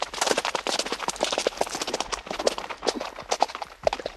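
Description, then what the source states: Horse hooves pound in quick, irregular clusters of thuds, a rolling canter rhythm with sharp impacts throughout. Horse starting into a canter.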